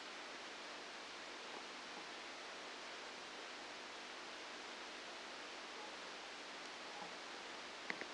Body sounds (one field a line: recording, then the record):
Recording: brain microelectrode recording played as sound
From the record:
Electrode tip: outside the subthalamic nucleus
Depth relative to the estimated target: -6 mm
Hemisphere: left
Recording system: NeuroSet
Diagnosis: Parkinson's disease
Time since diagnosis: 9 years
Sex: female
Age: 51 years